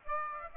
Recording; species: mosquito wingbeat signal from an infrared sensor; Aedes aegypti